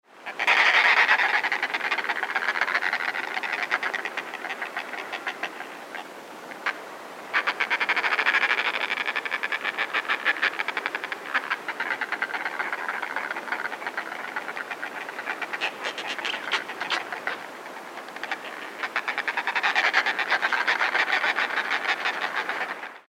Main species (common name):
Northern Fulmar